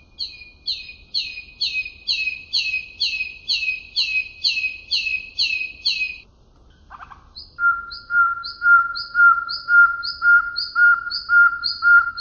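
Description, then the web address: Common nightingale song: a long, even sequence of high, chirping double notes, a short break, then a steady run of clear, repeated whistles with high accents. Western nightingale song, used for training canaries. "canto do rouxinol ocidental para treinar canarios"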